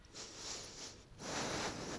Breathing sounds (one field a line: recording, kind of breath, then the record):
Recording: one breath in and out by a microphone near the nose and mouth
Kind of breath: strong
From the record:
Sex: male